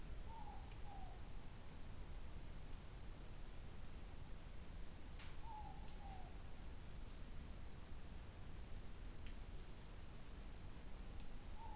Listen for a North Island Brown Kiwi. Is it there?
no